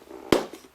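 The lace lock on a Reebok RBK 9K Pump ice hockey skate is pulled and lets go with one short, sharp snap at 0.3 s, followed by a faint, softer tick about 0.2 s later. The lock releases and pulls open so the lace comes out and the skate can come off.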